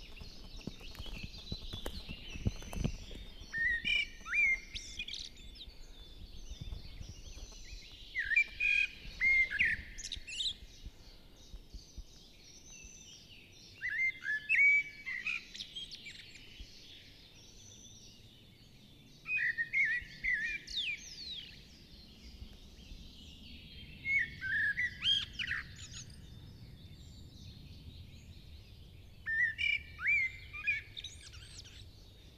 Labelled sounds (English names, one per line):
Common Blackbird song